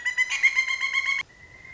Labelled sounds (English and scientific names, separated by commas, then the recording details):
Pileated Woodpecker (Dryocopus pileatus)
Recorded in Sonoma County, California